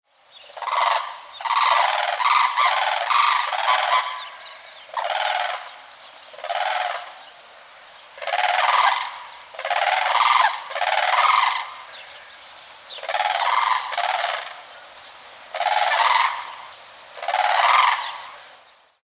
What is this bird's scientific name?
Grus paradisea